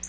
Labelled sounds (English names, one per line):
Black-throated Blue Warbler flight call